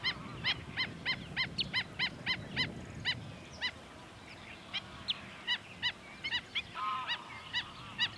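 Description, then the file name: Black-winged stilt repeating a nasal, barking kek note about three times a second, then slowing, with other faint bird notes behind. "golyatocs hangja"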